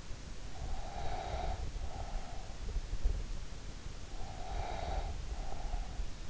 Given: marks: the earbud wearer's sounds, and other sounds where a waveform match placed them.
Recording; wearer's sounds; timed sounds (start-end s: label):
sounds in sleep by an in-ear microphone; breath
0.35-2.74 s: breath
3.87-6.30 s: breath